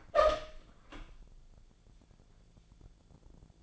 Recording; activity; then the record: daily activity, microphone in the room; open door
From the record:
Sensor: 5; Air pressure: 1000.5 hPa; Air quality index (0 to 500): 150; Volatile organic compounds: 2 ppm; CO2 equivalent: 1159 ppm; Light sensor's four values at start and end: 49/114/47/50 and 48/113/47/50